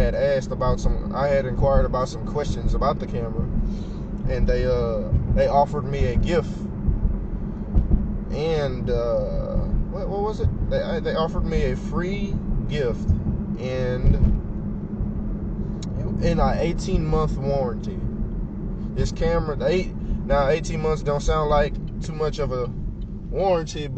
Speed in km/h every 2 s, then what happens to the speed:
58, 60, 63, 60, 58, 58, 56, 55, 52, 50, 40, 26.
0-5 steady at about 60. 5-22 slows to 26.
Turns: 21-24.